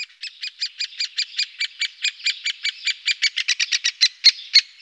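Great spotted woodpecker calls: a fast run of short, harsh, buzzy notes, growing louder toward the end.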